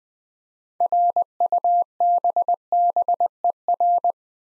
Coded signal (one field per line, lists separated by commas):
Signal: Morse code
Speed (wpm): 20 wpm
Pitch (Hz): 700 Hz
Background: none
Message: RUBBER